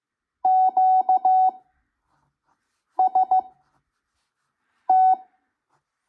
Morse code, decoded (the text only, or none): QST